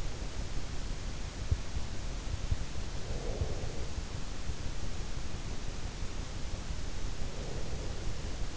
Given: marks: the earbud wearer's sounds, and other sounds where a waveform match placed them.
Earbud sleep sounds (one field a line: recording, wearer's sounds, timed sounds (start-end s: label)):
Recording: sounds in sleep by an in-ear microphone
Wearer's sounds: breath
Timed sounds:
2.75-4.01 s: breath
7.02-8.57 s: breath